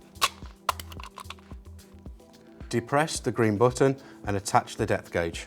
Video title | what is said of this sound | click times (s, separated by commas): Festool DURADRIVE DWC 18 | you will hear them click back together | 0.7 s